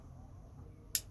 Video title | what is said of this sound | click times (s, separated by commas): RUIKE P135 Beta Plus | a nice positive click | 0.9 s